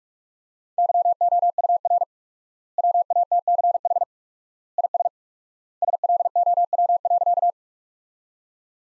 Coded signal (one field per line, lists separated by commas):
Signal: Morse code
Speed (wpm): 41 wpm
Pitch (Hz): 700 Hz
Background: none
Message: YOUR WATCH IS SLOW.